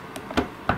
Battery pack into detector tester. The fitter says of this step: clicks into place everything's in nice and simple so there's our unit you put it back on